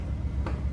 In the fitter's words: windshield washer fluid, and that you just push on until it clicks,